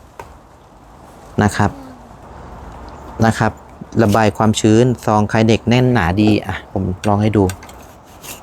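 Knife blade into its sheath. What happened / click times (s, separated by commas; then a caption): Handled, not yet home: no seating click / none. A Thai belt knife from Trang is handled with its snug, tight sheath, which has holes drilled to vent moisture, as the blade is about to be pushed in. A brief sharp tap sounds at 0.2 s, then someone talks over quiet handling noise. Nothing has seated or clicked yet by the end of the clip.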